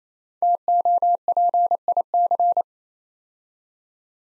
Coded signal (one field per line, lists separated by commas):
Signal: Morse code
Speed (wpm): 28 wpm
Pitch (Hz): 700 Hz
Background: none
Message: TOPIC